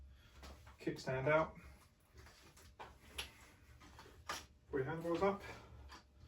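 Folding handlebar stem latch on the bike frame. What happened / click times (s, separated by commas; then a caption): The handlebar stem is handled but not yet locked / none. Someone talks while the folding handlebar stem of a MiRider electric folding bike is pulled upright, with short handling knocks around 2.8, 3.2 and 4.3 seconds. The stem's latch on the bike frame has not yet snapped shut, so nothing has seated or clicked yet.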